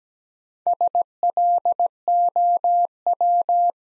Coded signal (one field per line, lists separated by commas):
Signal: Morse code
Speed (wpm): 17 wpm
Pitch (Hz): 700 Hz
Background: none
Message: SLOW